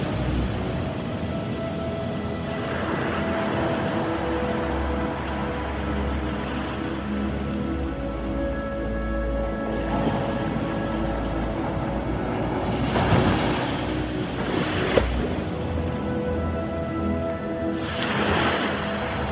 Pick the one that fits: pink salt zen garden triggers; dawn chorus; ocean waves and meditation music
ocean waves and meditation music